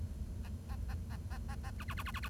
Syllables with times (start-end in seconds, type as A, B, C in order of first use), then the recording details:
0.45-0.48 A, 0.69-0.75 A, 0.89-0.94 A, 1.11-1.16 A, 1.31-1.38 A, 1.49-1.55 A, 1.64-1.70 A, 1.79-1.84 B, 1.88-1.94 B, 1.97-2.03 B, 2.05-2.11 B, 2.14-2.20 B, 2.23-2.28 B. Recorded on 1 October 2012 at 10:45. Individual or60yw70